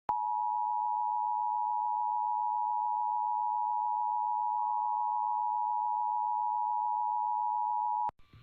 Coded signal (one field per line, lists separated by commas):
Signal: Emergency Alert System (SAME) tones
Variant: 853 and 960 Hz attention tone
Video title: WCVB EAS Monthly Test (7/7/20)